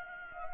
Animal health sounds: mosquito wingbeat signal from an infrared sensor; Anopheles gambiae

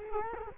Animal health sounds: mosquito wingbeat signal from an infrared sensor; Culex quinquefasciatus

